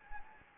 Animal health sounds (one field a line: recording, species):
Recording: mosquito wingbeat signal from an infrared sensor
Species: Anopheles gambiae